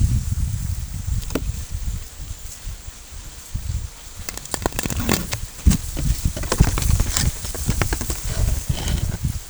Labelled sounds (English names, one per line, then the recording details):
none
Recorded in pastures near Puerto Asís, Putumayo, Colombia, on 22 December 2024 at 15:00
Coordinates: 0.487, -76.322
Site GP09